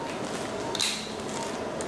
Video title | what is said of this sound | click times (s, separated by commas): Spider 2 patient positioning system | once that's clicked into place | 0.8 s